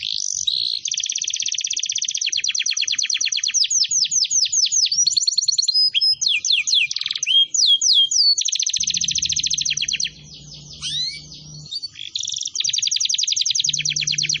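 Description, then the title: Canary song: long continuous stream of fast trills and rolling phrases, switching between buzzy rattles and downward-swept whistles, with a low hum through much of the second half. Long, vigorous canary song used as a lure and as master song for training wild canaries. "Pikat Kenari GACOR PANJANG INI Cocok Untuk Masteran KENARI LIAR"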